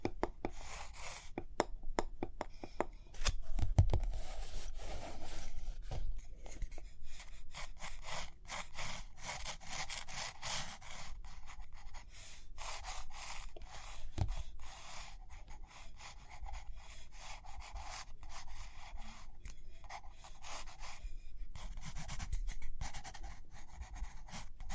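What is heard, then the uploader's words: Dry paper sounds: pages turning and rustling along with a pen or pencil scratching and tapping on paper. The short crisp bursts are dense and irregular, steady across the whole stretch. A soft low thump falls near 4 seconds and another around 14 seconds. ASMR Study With Me Page Turning and Tapping, Writing, Drawing (No Talking).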